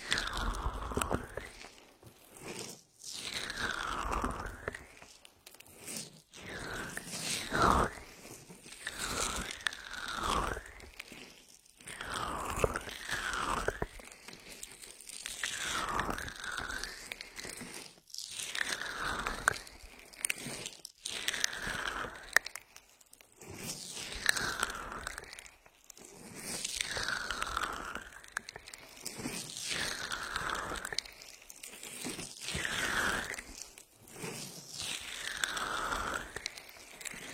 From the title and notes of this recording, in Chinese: 芦荟胶按摩双耳，放松一下。